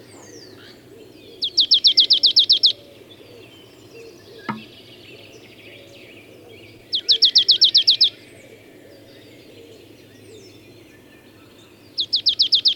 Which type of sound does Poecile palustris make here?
song